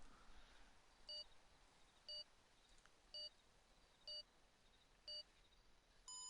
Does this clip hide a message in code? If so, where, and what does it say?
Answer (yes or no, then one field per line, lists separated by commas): no